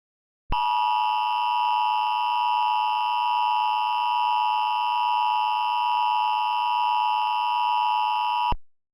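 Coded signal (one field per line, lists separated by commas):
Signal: Emergency Alert System (SAME) tones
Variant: 853 and 960 Hz attention tone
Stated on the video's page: Fictional joke EAS alert made with Audacity; the tones are valid, operational SAME tones.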